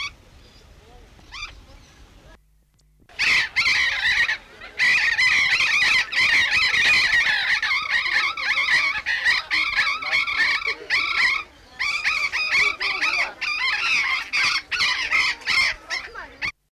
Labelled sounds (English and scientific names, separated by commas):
Burrowing Parrot (Cyanoliseus patagonus) call